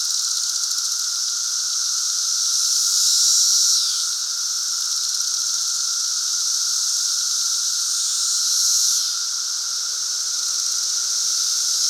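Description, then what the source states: Cicadas droning in chorus, a constant shrill buzz with two louder swelling surges that peak and drop away, over a steady faint lower hum. Cicadas at Lincoln's Cabin.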